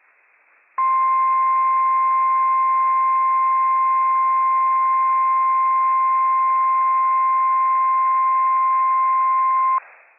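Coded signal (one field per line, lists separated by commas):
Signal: Emergency Alert System (SAME) tones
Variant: 1050 Hz attention tone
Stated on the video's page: Operational flash flood warning tones for a burn scar, issued by NWS Pendleton, Oregon.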